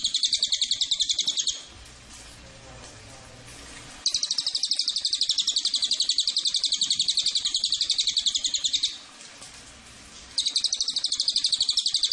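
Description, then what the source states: Cililin producing long bursts of high, rapid buzzy trilling, broken by two short quiet gaps with low background hum before each burst restarts. Recording used as a master for training songbirds or as a lure to attract Cililin.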